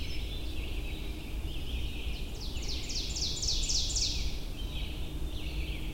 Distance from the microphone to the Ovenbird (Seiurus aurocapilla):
about 70 m